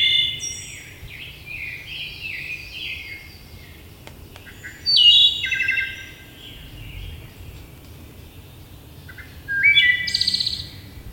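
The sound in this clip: Wood thrush singing fluty phrases, two louder ones about five seconds apart, against faint background hiss.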